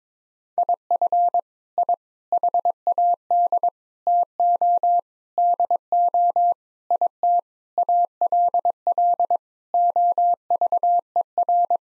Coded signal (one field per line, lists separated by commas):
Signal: Morse code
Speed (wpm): 22 wpm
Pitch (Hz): 700 Hz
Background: none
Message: IF I HAD TO DO IT ALL OVER